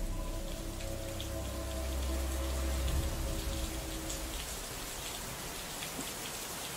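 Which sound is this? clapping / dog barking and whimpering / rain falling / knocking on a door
rain falling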